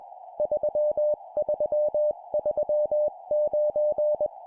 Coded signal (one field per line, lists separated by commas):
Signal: Morse code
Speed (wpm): 21 wpm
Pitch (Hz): 600 Hz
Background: none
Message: 3339